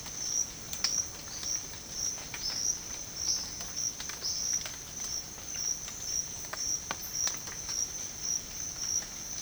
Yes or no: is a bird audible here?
yes